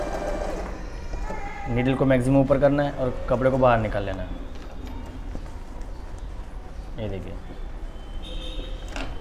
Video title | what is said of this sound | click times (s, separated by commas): Usha wonder stitch full demo in hindhi | पर click cut लगा देना है | 9.0 s